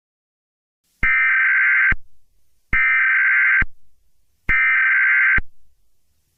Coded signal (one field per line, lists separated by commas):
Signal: Emergency Alert System (SAME) tones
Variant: header bursts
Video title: eas scenario catemojibabyheat part 21